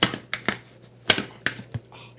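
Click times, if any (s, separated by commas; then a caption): 0.0 s, 1.1 s. The magnetic top-flap latch on a Peak Design 20L camera backpack drops shut and locks itself with a series of sharp, crisp clicks and taps. The two loudest clicks, at 0.0 s and 1.1 s, are the latch snapping closed, and the latch is seated.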